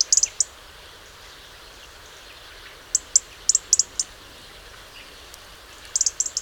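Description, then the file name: European robin ticking in brisk groups of high, dry clicks at the start, middle and end, quiet between bursts. "Erithacus rubecula"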